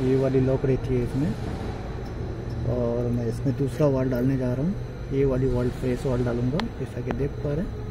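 An electrical wiring connector is handled at the AC compressor socket on a Ford EcoSport, whose AC is not working, while someone talks over a steady low hum. Nothing has seated or clicked yet; the connector is not yet home when the clip ends.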